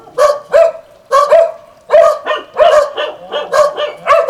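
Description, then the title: Dogs barking sharply in pairs and short runs, separated by brief quiet gaps. Several dogs at El Borge. "Dogs Of El Borge"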